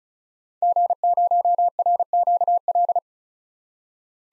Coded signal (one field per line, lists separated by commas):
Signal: Morse code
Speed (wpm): 36 wpm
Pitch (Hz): 700 Hz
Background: none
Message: G0RQL